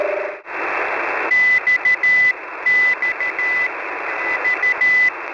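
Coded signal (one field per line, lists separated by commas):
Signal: Morse code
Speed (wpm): 13 wpm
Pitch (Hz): 2000 Hz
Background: radio noise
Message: XNT U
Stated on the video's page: Numbers-station CW messages: Squeaky Wheel on 5361 kHz, also broadcast on 5473 kHz; Pip sub frequency 6922 kHz, main 5448 kHz.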